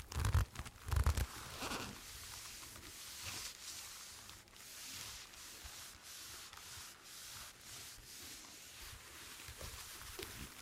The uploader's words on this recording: TimASMR-ASMR Doing Your Squeaky Leather Requests (NO TALKING).